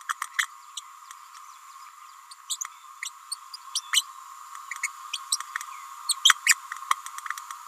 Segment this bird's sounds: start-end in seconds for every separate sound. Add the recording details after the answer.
0.09-0.13, 0.38-0.46, 0.77-0.80, 2.50-2.57, 3.02-3.10, 3.31-3.36, 3.74-3.81, 3.92-4.02, 4.83-4.87, 5.13-5.19, 5.31-5.37, 6.08-6.15, 6.24-6.34, 6.45-6.55. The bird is a female. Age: 29 days. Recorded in a nest box in Venezuela. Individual 17B31A3